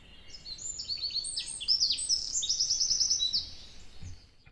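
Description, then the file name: Eurasian wren song: a fast, shrill cascade of high notes leading into a rattling trill, with a soft thud near the end. "Troglodytes troglodytes"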